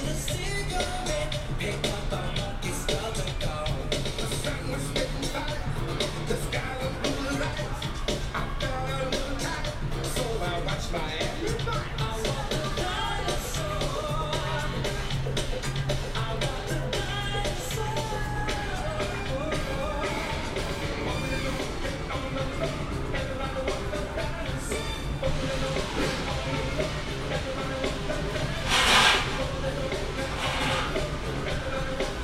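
A dense, steady walla of crowd voices and chatter fills a walk through Animal Kingdom, with a brief louder yell near twenty-nine seconds.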